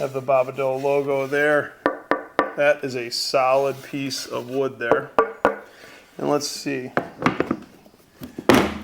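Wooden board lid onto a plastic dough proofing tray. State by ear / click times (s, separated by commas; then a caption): seated / 8.5 s. Someone talks while a solid wooden walnut board lid bearing the Babadoh logo is pressed onto a stackable plastic dough proofing tray. A sharp snap at 8.5 s marks the lid seating into place, forming a very tight seal without a gasket.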